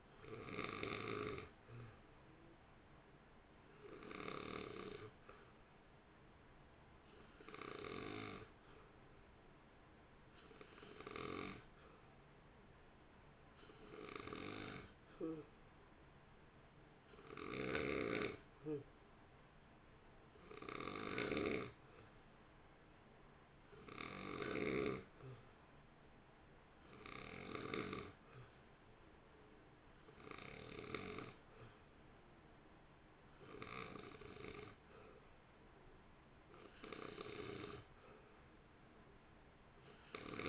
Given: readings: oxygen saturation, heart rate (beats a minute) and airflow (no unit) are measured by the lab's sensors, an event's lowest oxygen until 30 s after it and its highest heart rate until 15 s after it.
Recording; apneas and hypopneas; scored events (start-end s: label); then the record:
breathing in sleep by a voice recorder at the bedside; none
none scored
From the record:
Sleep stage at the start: N2 (light sleep); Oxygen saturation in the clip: 88 to 90%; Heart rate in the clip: 55 to 58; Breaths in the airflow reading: 16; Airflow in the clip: -1.2 to 1.1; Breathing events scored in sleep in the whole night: 328 in 6.3 hours asleep